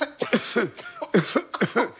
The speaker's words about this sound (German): Und so einen komischen Husten hast du.